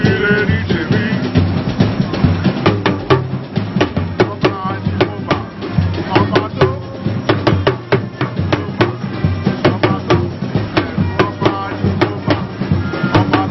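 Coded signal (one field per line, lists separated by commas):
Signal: talking drum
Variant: Yoruba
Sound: rapid drum strokes with low pitches bending up and down, speech-like rhythm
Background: possible voices or other percussion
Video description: Aare Ayantunde Anselm Ramacher Oyinbo oOnilu That Reciting Proverb With Talking Drum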